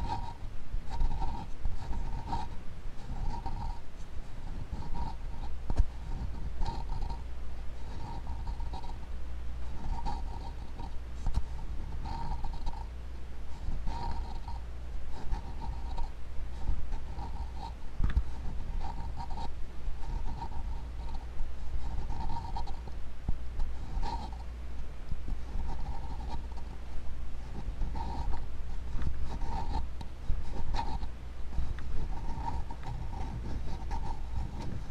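Steady wood tapping and rubbing runs throughout, a dense scratchy texture like a pen dragging across a surface, with frequent small taps scattered through it. A constant low hum underlies everything, and a faint repeating bright tone pulses on and off in the background.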